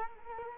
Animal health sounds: mosquito wingbeat signal from an infrared sensor; Culex quinquefasciatus

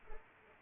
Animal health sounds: mosquito wingbeat signal from an infrared sensor; Culex pipiens

